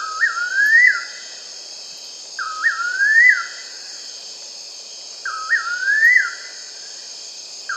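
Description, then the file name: Bird sounding a sliding, upward-swooping whistled phrase several times, roughly every two and a half seconds, with a steady high hiss throughout. "SABIOD 50 bird 2015"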